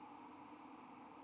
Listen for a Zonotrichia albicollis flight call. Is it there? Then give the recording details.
no. No flight call is heard. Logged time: 11:14 on 5 December 2014